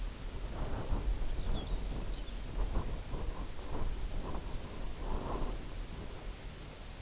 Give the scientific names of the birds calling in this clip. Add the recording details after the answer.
Calcarius lapponicus. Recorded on Arctic tundra, site UTQI-0, on 17 June 2019. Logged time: 22:00